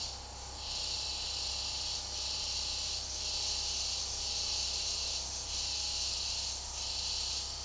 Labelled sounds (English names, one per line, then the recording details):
none
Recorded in secondary vegetation near Puerto Asís, Putumayo, Colombia, on 21 February 2024 at 14:30
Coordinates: 0.489, -76.322
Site G6419